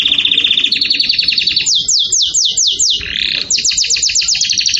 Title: Canto Do Canário Belga Campainha Para Encarte De Filhotes